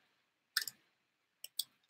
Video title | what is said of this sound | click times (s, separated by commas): My Product Design School Experience. LIVE! Student Projects! Models and Beyond! | it pops out yeah | 0.6 s